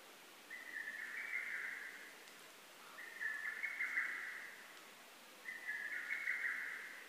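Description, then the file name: Lesser cuckoo singing faintly against a hissing background, three smeared staccato phrases spaced about two and a half seconds apart. Recorded 12 June 2010. "hototogisu-20100612"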